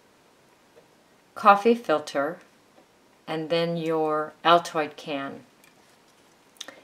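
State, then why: Seated. A hand rivet gun is squeezed to set a pop rivet through a stack of a book cover, a coffee filter and a metal Altoid mint tin. Someone talks, then after a quiet pause a sharp snap comes at 6.6 s as the nail-like mandrel breaks off. The rivet pulls tight and is seated.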